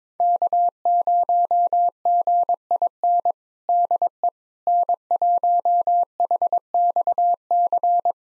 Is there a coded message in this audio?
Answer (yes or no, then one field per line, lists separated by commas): yes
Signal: Morse code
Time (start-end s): 0.2-8.1 s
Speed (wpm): 22 wpm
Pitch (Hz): 700 Hz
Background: none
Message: K0GIN DE N1HXC